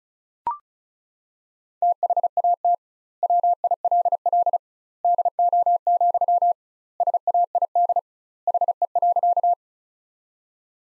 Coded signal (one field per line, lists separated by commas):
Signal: Morse code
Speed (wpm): 34 wpm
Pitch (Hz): 700 Hz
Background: none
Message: THAT WILL DO, SAID HE.